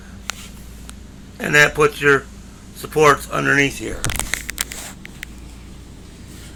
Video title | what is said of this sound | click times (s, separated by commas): 2021 DX3 37TS 3 | Flip that up like that, lift slightly, you'll hear it click, | 0.3 s